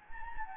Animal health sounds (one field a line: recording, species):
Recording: mosquito wingbeat signal from an infrared sensor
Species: Anopheles gambiae